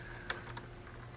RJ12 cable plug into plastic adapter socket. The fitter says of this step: get it to here goes it locks in place very nicely